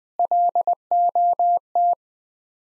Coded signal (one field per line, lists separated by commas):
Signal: Morse code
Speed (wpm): 20 wpm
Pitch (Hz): 700 Hz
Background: none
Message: LOT